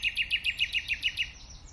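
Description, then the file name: Common nightingale song: a fast run of several clear, evenly pulsed repeated notes, trailing off into a soft thin note. "Luscinia megarhynchos"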